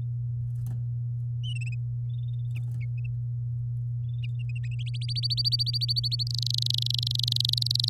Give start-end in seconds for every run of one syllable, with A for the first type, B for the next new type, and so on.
4.86-6.23 A, 6.27-7.89 B